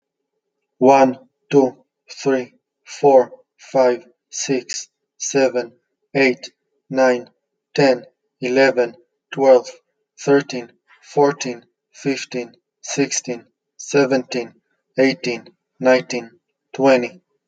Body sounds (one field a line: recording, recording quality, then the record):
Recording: counting at a normal pace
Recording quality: excellent, no background noise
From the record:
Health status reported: healthy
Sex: male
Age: 30 years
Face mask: not worn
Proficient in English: yes